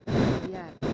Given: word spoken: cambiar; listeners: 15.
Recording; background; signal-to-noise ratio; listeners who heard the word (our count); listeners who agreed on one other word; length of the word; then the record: one Spanish word in noise, from a listening test; noise modulated by one talker; -12.0 dB; 1 of 15; 8 of 15; 0.54 s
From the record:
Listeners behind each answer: 8, 2, 1, 1, 1, 1, 1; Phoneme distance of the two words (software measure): 51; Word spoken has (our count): 2 syllables, 7 phonemes, stress on syllable 2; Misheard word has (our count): 3 syllables, 8 phonemes, stress on syllable 3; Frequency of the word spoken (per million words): 76.32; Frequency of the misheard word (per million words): 51.50